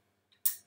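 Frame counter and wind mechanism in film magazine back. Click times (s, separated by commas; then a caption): 0.5 s. The wind key on a Kiev 88 film magazine back is turned counterclockwise until the frame counter mechanism latches once and stops on frame 1. A faint tick comes at about 0.3 s, then a sharp, bright click at 0.5 s that quickly decays. The counter has clicked into place and is seated on 1.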